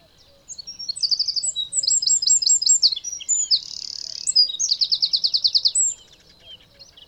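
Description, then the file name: Eurasian wren sings one long, high, energetic phrase of rapid repeated notes, a flat buzzy reel and a fast rattling trill. "Troglodytes troglodytes"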